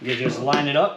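On a SetPower RV60D Pro Dual Zone fridge/freezer, the reversible plastic lid is being lined up so its tabs meet the hinge grooves on the other side of the fridge body, to reverse it. Someone talks throughout the short clip. The lid has not popped on or seated yet, and no click is heard.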